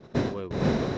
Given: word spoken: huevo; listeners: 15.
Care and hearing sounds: one Spanish word in noise, from a listening test; noise modulated by one talker; -11.1 dB; 3 of 15; 6 of 15; 0.58 s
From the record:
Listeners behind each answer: 6, 3, 3, 1, 1, 1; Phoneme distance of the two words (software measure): 7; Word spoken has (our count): 2 syllables, 4 phonemes, stress on syllable 1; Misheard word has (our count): 2 syllables, 5 phonemes, stress on syllable 1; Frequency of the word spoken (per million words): 27.87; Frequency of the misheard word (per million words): 36.98

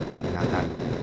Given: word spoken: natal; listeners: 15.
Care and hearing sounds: one Spanish word in noise, from a listening test; noise modulated by three-talker babble; -3.8 dB; 3 of 15; 7 of 15; 0.63 s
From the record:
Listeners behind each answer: 7, 3, 1, 1, 1, 1, 1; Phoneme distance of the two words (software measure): 20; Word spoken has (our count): 2 syllables, 5 phonemes, stress on syllable 2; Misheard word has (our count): 2 syllables, 5 phonemes, stress on syllable 2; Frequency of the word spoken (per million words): 14.13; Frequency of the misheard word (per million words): 5.72

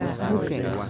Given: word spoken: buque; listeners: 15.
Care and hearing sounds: one Spanish word in noise, from a listening test; eight-talker babble; -0.7 dB; 3 of 15; 6 of 15; 0.50 s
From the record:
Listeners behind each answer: 6, 3, 3, 2, 1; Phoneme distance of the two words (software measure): 10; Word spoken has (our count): 2 syllables, 4 phonemes, stress on syllable 1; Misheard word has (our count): 2 syllables, 4 phonemes, stress on syllable 1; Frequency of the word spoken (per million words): 11.92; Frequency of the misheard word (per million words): 22.18

